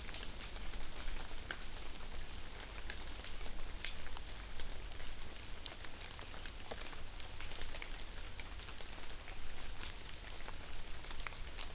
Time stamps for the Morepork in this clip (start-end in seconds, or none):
none